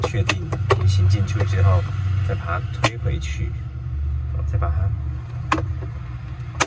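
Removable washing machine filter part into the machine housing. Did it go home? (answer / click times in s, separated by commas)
yes / 6.6 s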